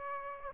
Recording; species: mosquito wingbeat signal from an infrared sensor; Aedes aegypti